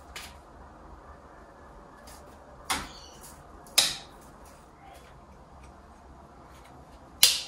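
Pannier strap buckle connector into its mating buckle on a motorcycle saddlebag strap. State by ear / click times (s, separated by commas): seated / 3.8 s, 7.2 s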